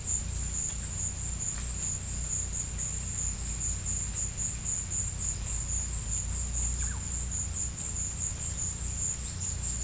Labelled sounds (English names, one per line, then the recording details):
none
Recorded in pastures near Puerto Asís, Putumayo, Colombia, on 16 December 2024 at 15:00
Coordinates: 0.472, -76.331
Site GP02